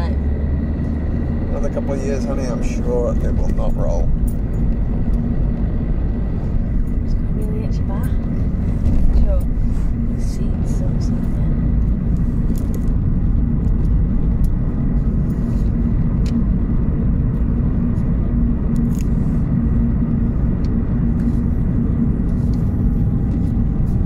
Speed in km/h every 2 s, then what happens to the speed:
42, 42, 44, 42, 44, 44, 47, 45, 52, 53, 47, 45.
0-10 steady at about 42. 10-17 speeds up to 53. 17-24 slows to 45.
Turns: none.